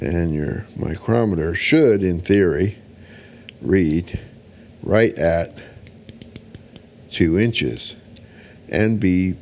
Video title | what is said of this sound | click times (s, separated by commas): 2005 Subaru Legacy GT engine teardown Part 2 | until it clicks | 5.9 s, 6.1 s, 6.2 s, 6.4 s, 6.6 s, 6.8 s